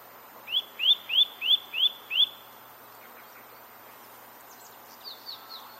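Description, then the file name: Eurasian nuthatch with a run of six bright rising whistled notes, then near silence, and a few faint similar notes near the end. "Sitta europaea"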